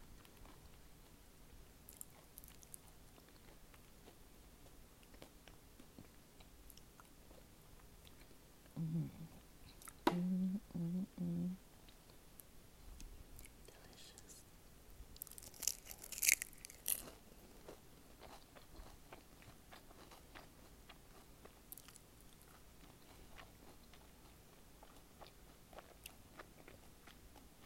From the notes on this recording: Salmon Egg Rolls paired with Strawberry Yogurt and Orange Juice